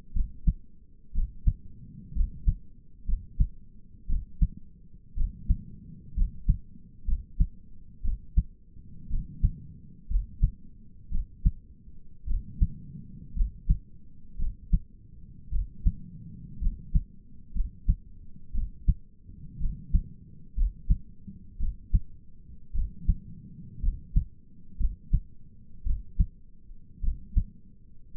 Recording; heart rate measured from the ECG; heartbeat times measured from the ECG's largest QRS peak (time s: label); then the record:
heart sounds by stethoscope; 58 bpm
0.16 s: heartbeat
1.15 s: heartbeat
2.16 s: heartbeat
3.08 s: heartbeat
4.09 s: heartbeat
5.17 s: heartbeat
6.17 s: heartbeat
7.07 s: heartbeat
8.04 s: heartbeat
9.11 s: heartbeat
10.10 s: heartbeat
11.12 s: heartbeat
12.28 s: heartbeat
13.36 s: heartbeat
14.39 s: heartbeat
15.52 s: heartbeat
16.62 s: heartbeat
17.55 s: heartbeat
18.54 s: heartbeat
19.61 s: heartbeat
20.57 s: heartbeat
21.60 s: heartbeat
22.75 s: heartbeat
23.83 s: heartbeat
24.80 s: heartbeat
25.86 s: heartbeat
27.03 s: heartbeat
28.16 s: heartbeat
From the record:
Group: healthy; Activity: rest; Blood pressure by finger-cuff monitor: 109/66 mmHg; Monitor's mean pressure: 80 mmHg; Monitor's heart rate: 59 bpm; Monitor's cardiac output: 5.4 L/min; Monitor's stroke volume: 94 mL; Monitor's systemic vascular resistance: 1060 dyn s/cm5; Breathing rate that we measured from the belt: 17 breaths a minute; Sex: male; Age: 22 years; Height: 181 cm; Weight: 79 kg